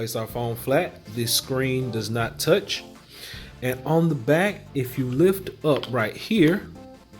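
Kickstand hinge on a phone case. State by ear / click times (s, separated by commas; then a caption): not seated / none. Someone talks over background music while handling a rugged Youmaker phone case for a Samsung Galaxy Note 9, reaching for the plastic kickstand hinge on the back that locks open. The kickstand has not locked or clicked yet by the end of the clip.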